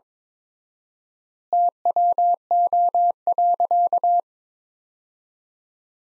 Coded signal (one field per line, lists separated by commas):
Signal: Morse code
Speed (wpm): 22 wpm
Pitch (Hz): 700 Hz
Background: none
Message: TWO.